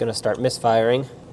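A fuel injector harness plug on a 2003-2008 Toyota Corolla is handled at its plastic fuel injector connector while someone talks, since a plug that pops off while driving or with the engine running causes misfiring. Only speech is heard; nothing has seated or clicked yet.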